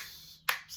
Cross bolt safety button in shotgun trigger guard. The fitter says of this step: You can hear the click. I guess it's audible click.